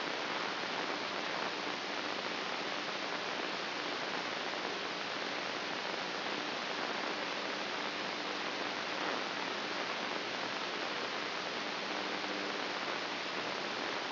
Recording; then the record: brain microelectrode recording played as sound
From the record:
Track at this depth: inside the subthalamic nucleus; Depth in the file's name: 2.722 mm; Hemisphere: right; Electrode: 2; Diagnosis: Parkinson's disease